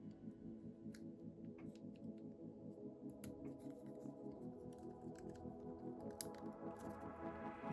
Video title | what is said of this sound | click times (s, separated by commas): DJI Mic Mini Review by Beginner 🟡 Tested with iPhone, iPad, GH5, XA10 Camcorder | hear the click. | 6.2 s